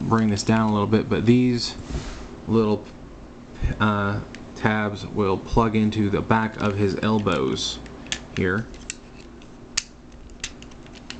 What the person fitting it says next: and they'll just sort of snap into place.